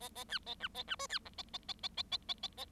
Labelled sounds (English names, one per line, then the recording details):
Bengalese Finch song
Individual Bird7